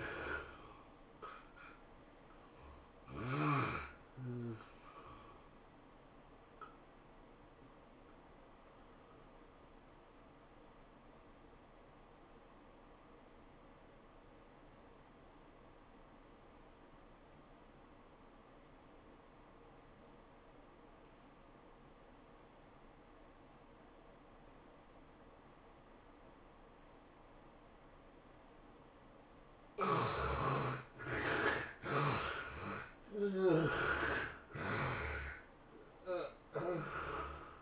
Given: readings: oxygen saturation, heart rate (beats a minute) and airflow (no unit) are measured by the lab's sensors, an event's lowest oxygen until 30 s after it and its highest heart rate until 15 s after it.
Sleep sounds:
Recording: breathing in sleep by a voice recorder at the bedside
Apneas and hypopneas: 1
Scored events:
1.00-37.61 s: new sleep stage, N1 (lightest sleep)
9.00-28.30 s: obstructive apnea (N1, oxygen 96% highest, then 71% lowest, heart rate 93 at the start, 106 highest)
From the record:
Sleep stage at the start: N2 (light sleep)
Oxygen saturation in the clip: 72 to 96%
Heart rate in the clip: 78 to 106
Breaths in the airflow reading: 5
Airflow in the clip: -15.4 to 15.3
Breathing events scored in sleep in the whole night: 403 in 5.5 hours asleep

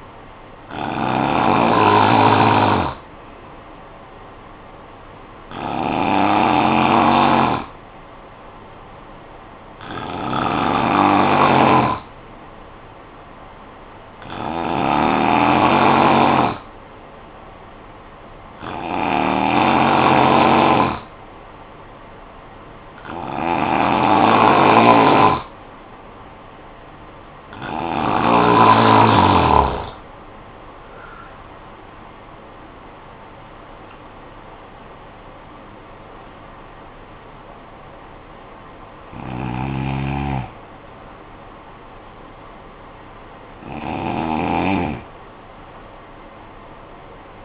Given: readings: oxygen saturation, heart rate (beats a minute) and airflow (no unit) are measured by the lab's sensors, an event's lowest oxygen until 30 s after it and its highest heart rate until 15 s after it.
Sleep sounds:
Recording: breathing in sleep by a voice recorder at the bedside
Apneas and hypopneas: 1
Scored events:
12.00-29.10 s: hypopnea (N2, oxygen 93% highest, then 90% lowest, heart rate 52 at the start, 70 highest)
From the record:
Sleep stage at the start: N2 (light sleep)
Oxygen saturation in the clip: 90 to 93%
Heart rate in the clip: 51 to 70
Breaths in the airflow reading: 10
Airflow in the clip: -12.4 to 13.6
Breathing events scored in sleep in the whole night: 445 in 7.6 hours asleep

